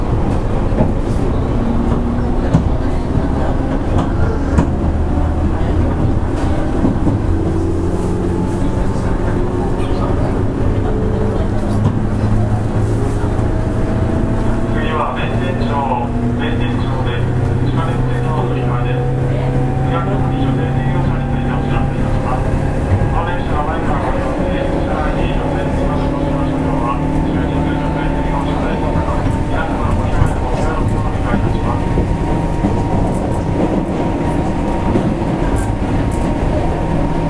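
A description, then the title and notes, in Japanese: Running sound from inside an older electric commuter train on a loop line, with a steady low rumble of wheels and rails throughout. A rising and falling motor whine sweeps upward in long tones, strongest around the middle, while faint voices murmur in the carriage. JR103系電車の走行音です。JR西日本の環状線外回りにて収録しました。区間は、天王寺から大阪までです。JR103系 天王寺から大阪まで 環状線外回り。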